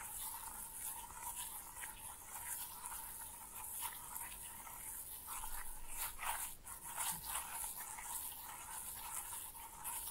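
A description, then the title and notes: Slime being played with gives scattered small squelches and sticky clicks, bunching up most between about six and seven seconds. A steady mid-pitched hum and a constant bright hiss run underneath the whole time, with the overall level staying fairly even. ASMR Fun with Slime No Talking.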